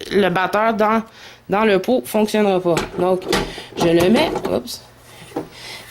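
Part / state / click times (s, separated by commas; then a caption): bread pan into bread machine / seated / 5.4 s. A bread pan holding the dough ingredients is pushed down into a bread machine while someone talks. A single short knock is heard at 5.4 seconds as the pan locks into place, and it is confirmed to be properly engaged.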